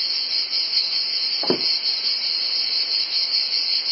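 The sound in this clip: Cicadas drone in a steady, shrill, unbroken buzz, with one brief click.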